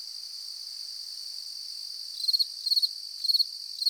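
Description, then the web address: Insect chirps beginning midway, short pulsed bursts repeated about every half second over a continuous high hiss. "mundo dos sons cigarras e grilos"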